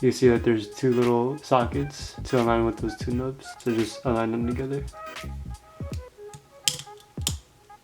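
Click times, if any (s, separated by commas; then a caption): 6.7 s, 7.3 s. A plastic part from an HG 1/144 RX-0 Unicorn Gundam (Destroy Mode) model kit is lined up so its two knobs meet two sockets on the mating part and pressed together while someone talks. After a few faint taps, two sharp, loud snaps ring out at 6.7 s and 7.3 s as the part seats firmly in place.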